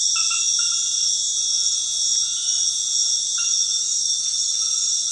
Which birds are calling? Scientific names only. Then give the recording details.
none. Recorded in dense forest near Puerto Asís, Putumayo, Colombia, on 20 February 2024 at 23:00. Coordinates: 0.496, -76.326. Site G6383